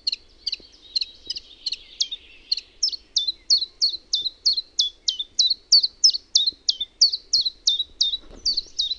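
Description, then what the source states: Common chiffchaff song: a long, steady run of sharp, downslurred high notes, about three per second. Own recording made in Finland.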